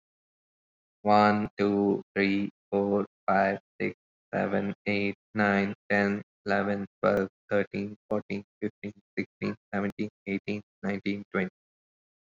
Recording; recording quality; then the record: counting at a normal pace; excellent, no background noise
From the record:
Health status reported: COVID-19 positive, no symptoms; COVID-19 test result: positive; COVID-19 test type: RT-PCR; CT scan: not taken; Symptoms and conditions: none ticked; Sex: male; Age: 24 years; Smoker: no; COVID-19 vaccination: both doses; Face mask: not worn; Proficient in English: yes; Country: India